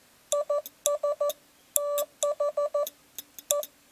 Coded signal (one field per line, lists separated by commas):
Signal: Morse code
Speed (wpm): 14 wpm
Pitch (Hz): 580 Hz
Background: none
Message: IS THE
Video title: Twaalf seinsleutels / Twelve Morse Keys